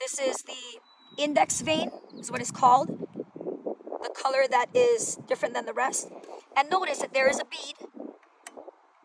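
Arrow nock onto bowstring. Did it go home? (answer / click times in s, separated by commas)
yes / 8.5 s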